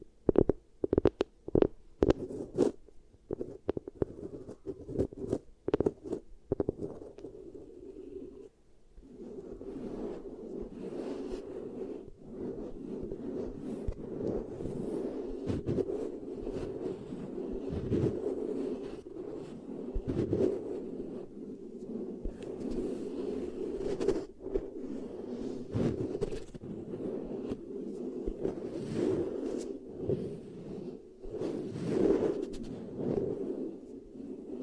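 Beeswax ear triggers: soft, sticky crackling and squishing, with a run of sharp, loud taps and pops in the first few seconds. After a brief pause near eight seconds, a steady low, waxy rubbing fills the rest, dotted with frequent small clicks and crackles.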